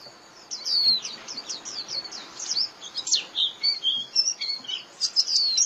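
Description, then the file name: White-eye chattering: a dense run of high, slurred chirps and twitters, varied in shape, with some lower notes mixed in. White-eye lure call (mồi) used for trapping birds. "Tieng khuyen moi"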